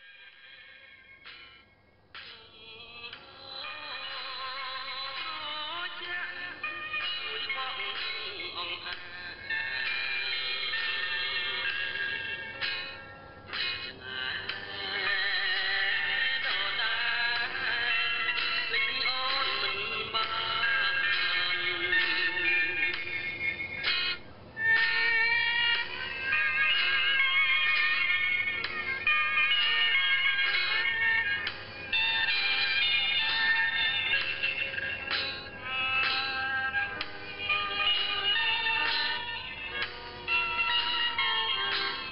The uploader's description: Cambodia Music (male singing with band) heard on shortwave radio in Siem Reap, Cambodia